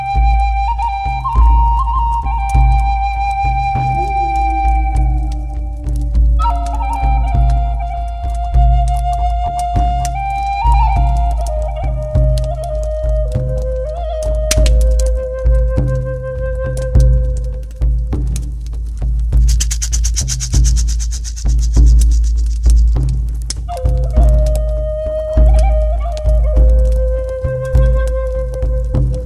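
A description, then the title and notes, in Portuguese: A flute plays long, sliding held notes that step gradually downward and return, over a steady, deep drum rumble that pulses throughout. A rattle shakes in a bright burst around twenty seconds, and scattered small clicks and crackles run underneath. Xâmanica (ritual do fogo). Tambor, flauta, chocalho e fogo.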